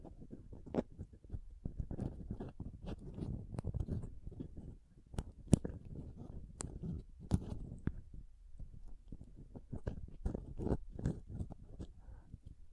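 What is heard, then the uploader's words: Pom poms are squished and rubbed, making a dense, soft crackling rustle that stays mostly low and muffled. Sharp, bright clicks and crunches pop out every second or so, and the rustling briefly thins around five seconds and again near eight and a half. ASMR Ultimate Pom Pom Tingles (No Talking).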